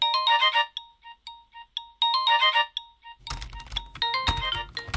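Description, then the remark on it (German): A bright electronic ringtone-like melody plays for a few seconds, then gives way to a dense, rapid clatter of computer keyboard typing, with sharp irregular clicks, as keywords and a headline are typed into an entry form for a blog. “Er war noch bei einem CSU-Termin, ruft jetzt die Eingabemaske auf, tippt Stichwörter ein, die Überschrift, blättert in seinem Blog, grübelt.”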